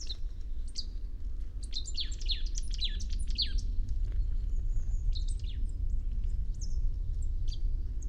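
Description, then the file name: Marsh tit giving a quick cluster of high, downslurred chirping notes, thinning out to sparse calls, with a low steady rumble underneath. "Poecile palustris"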